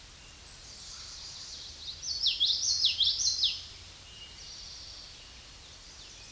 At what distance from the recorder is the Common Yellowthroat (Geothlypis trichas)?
about 10 m